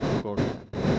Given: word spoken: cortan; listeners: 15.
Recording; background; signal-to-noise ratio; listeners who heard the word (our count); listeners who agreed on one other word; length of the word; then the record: one Spanish word in noise, from a listening test; noise modulated by one talker; -7.2 dB; 0 of 15; 9 of 15; 0.60 s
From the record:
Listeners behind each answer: 9, 1, 1, 1, 1, 1, 1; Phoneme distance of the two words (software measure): 7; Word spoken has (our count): 2 syllables, 6 phonemes, stress on syllable 1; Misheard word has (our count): 2 syllables, 5 phonemes, stress on syllable 1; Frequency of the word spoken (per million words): 4.97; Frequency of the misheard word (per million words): 38.87